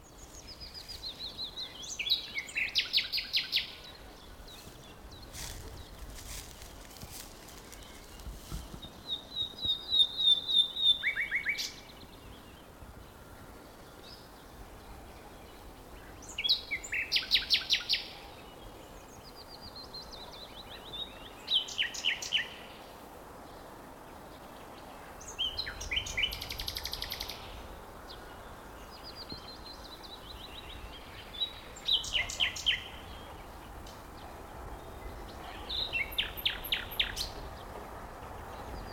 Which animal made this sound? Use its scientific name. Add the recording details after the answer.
Luscinia megarhynchos. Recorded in the wild. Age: adult. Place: Blankenfelde, Berlin, DE. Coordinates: 52.625, 13.404. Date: 1992-05-01 10:35. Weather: heiter bis wolkig, böiger Wind, 16 °C. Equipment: Nagra SN, Mikrofon AKG CK 8, Kopie Tesla B 116. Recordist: Tembrock, Günter